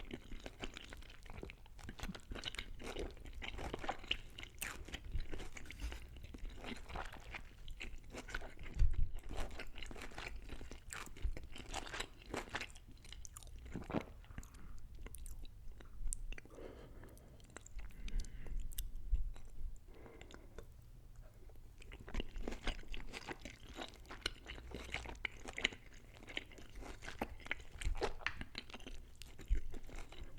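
Eating sounds of chicken balls and beef, with frequent crisp crunches and wet chewing packed densely throughout. Sharp bites stand out around nine, fourteen and thirty seconds, with brief softer pauses near fifteen and twenty-two seconds.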